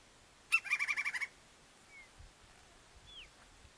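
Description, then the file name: Woodpecker call: one quick burst of about eight harsh, evenly spaced notes lasting under a second, followed by a few faint thin sounds in a quiet background. "canto do pica pau"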